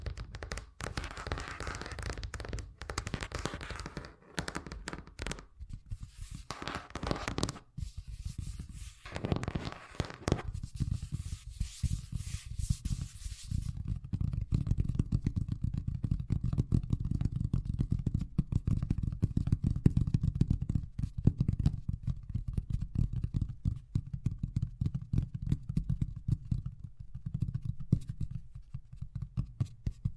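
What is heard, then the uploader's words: Fast tapping runs the whole way through as a dense, rapid stream of small hits with no real pauses. For the first ten seconds the taps sound brighter and more uneven, with a few brief breaks, then they settle into a lower, thicker, steady patter. ASMR Braingasm Inducing Fast Tapping (No Talking).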